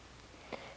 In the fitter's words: but um and we just push it in all the way it should click in